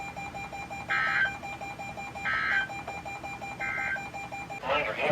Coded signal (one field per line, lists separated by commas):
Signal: Emergency Alert System (SAME) tones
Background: speech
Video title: ILN Had An Outburst… (EAS 203-252)